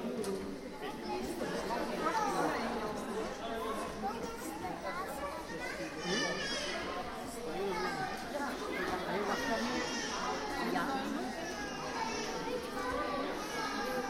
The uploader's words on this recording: A walk through the zoo Blijdorp, Rotterdam. It was way too crowded. Record the visitors around me while walking through the zoo.